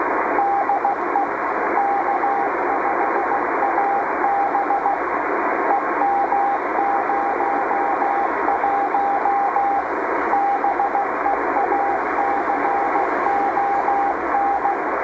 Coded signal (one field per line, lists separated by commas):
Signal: Morse code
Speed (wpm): 15 wpm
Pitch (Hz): 800 Hz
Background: radio noise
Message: DE K5AB EM01 BEACON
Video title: 10 meter beacon K5AB october 15th 2013